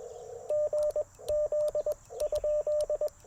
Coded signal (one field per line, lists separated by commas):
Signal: Morse code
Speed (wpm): 21 wpm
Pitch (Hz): 600 Hz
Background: radio noise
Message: GZ?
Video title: Morning Morse Code - 07/03/2024